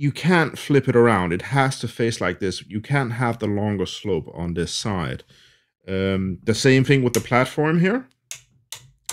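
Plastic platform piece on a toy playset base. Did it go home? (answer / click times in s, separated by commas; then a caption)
yes / 8.3 s, 8.7 s, 9.1 s. Someone talks for most of the clip while handling a plastic platform piece on a Jakks Pacific 2.5-inch Soda Jungle toy playset base. After the talking stops, the platform is moved and clicks into place with sharp tick-like clicks at about 8.3 s, 8.7 s and 9.1 s, and it locks in position.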